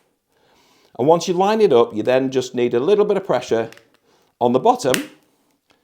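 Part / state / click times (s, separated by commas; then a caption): prescription lens into smart glasses frame / seated / 5.7 s. A right prescription lens for Ray-Ban Meta smart glasses is hooked in at the top corners, lined up, and pressed at the bottom into the plastic frame while someone talks. After the talking stops, a small sharp click is heard at 5.7 s as the lens seats in the frame.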